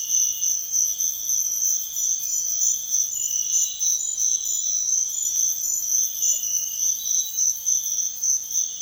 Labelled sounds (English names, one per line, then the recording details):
none
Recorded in pastures near Puerto Asís, Putumayo, Colombia, on 28 February 2025 at 06:00
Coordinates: 0.502, -76.324
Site GP07